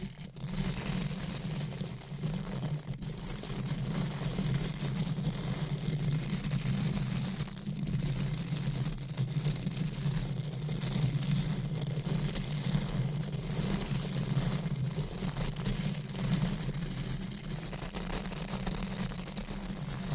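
Brushing and scratching across a microphone cover make a dense, continuous low rumble that sounds almost like an idling engine, steady in level for the full twenty seconds. A few sharper scrapes or taps stand out near 3 and 7.5 seconds.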